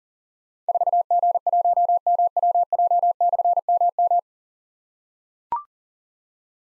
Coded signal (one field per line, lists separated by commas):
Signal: Morse code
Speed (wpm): 39 wpm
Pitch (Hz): 700 Hz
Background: none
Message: 4G1MWJ/MM